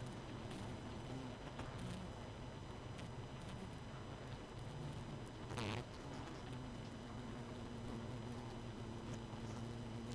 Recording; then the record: honeybee colony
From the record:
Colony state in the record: missing queen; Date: 31 May 2018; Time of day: 22:30